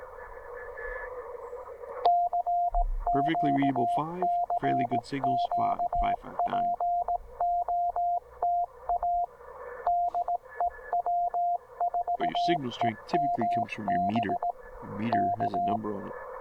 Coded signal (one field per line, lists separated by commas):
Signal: Morse code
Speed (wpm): 18 wpm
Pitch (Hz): 700 Hz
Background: speech, radio noise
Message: CQ CQ POTA DE W4EMB K